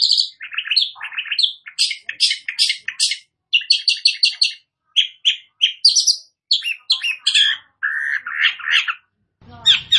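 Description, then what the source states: Long-tailed shrike in a long, varied medley of chirps, trills, whistles and scratchy notes, delivered quickly with brief gaps. Bird described as 'gacor', meaning singing vigorously.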